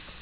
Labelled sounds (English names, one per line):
Blackpoll Warbler flight call